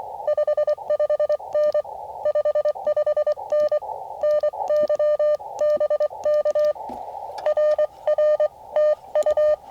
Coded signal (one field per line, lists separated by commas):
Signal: Morse code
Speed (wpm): 23 wpm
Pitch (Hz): 590 Hz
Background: none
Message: 55N 55N NY BK RR TU